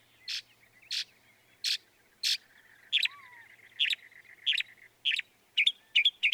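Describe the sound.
Northern mockingbird song: harsh, raspy notes repeated at an even spacing, then shifting to a different harsh note type, with a faint whistle in the background.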